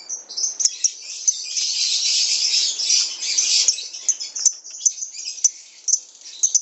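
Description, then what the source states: Lovebird buzzy, high chatter swelling through the middle, then sharp single squeaks spaced irregularly toward the end. Master lovebird ngekek song, the long trilling style, billed as popular, famous and among the longest, used as kicau pancingan (lure song).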